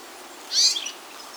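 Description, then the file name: European greenfinch call: a single short high note over a quiet background hiss. "Chloris chloris"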